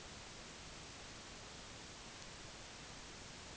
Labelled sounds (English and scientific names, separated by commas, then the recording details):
none
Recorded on Arctic tundra, site NAIT-1, on 25 June 2019
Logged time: 10:00